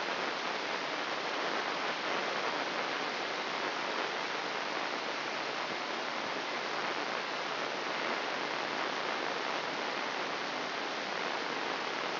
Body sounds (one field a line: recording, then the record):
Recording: brain microelectrode recording played as sound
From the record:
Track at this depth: inside the subthalamic nucleus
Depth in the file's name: 2.311 mm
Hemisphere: left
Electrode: 3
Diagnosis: Parkinson's disease